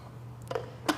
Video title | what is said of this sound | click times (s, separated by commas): 5 Kitchen Gadgets You Should Buy | place it on top, make sure it's locked into place, | 0.9 s